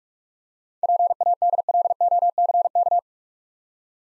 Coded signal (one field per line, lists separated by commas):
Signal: Morse code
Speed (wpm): 44 wpm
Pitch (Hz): 700 Hz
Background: none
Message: PADLOCK